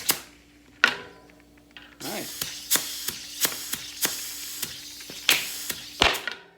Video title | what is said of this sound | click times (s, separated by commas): Can kids bikes go tubeless? | There we go. You heard that pop. Everybody's hearing the pop. | 5.3 s, 6.0 s